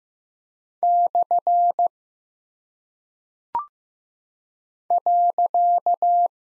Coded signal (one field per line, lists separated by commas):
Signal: Morse code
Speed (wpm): 15 wpm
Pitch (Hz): 700 Hz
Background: none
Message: / .